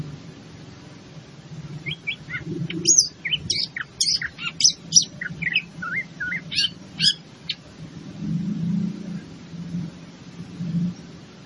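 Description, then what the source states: Greater green leafbird song: a varied run of sharp, high whistles and chips jumping in pitch for several seconds, over a low background hum. Bird in full song, described as gacor.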